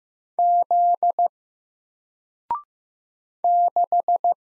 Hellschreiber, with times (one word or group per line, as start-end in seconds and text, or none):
none